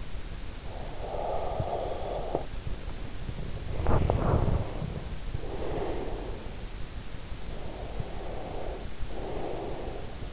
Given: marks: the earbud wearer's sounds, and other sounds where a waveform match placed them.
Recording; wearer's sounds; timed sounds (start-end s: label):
sounds in sleep by an in-ear microphone; snoring breath, breath, body movement
0.58-2.83 s: snoring breath
3.50-6.66 s: breath
3.64-5.14 s: body movement
7.30-10.33 s: breath